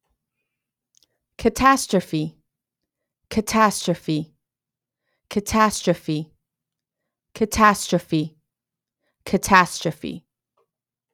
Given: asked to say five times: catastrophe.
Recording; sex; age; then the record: repeated word; female; 30 to 39 years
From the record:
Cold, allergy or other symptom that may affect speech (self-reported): no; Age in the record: 36 years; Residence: California, United States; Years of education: 16